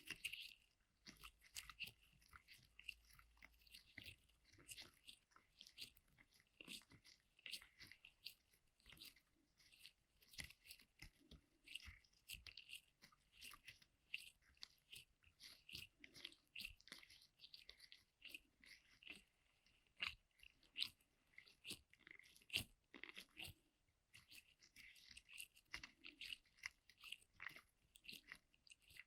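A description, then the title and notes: An ear massage with pineapple: dense, crackly crunching and wet squishing sounds come in quick irregular bursts throughout, bright and crisp on top. A faint low rumble sits under the first few seconds, and there is a brief quieter stretch around 23 seconds before the crunching picks up again. Ear Massage with Pineapple (No Talking).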